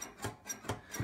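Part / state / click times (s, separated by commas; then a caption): cartridge tray in a game console's 72-pin connector assembly / not seated / none. The cartridge tray in a game console's 72-pin connector assembly, reassembled with all six screws, is pushed down, giving short rubbing, scraping bursts near 0.0, 0.7 and 1.0 seconds. Nothing clicks down: the tray does not seat because a screw is too tight.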